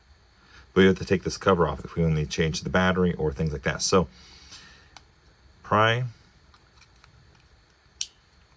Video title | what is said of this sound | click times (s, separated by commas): Ultimate Chip Cloning Guide-Removal and Prep XHorse and Autel KM100 -GM Honda Toyota Subaru Mazda VW | pry, and you're going to go around. You hear it click. | 8.0 s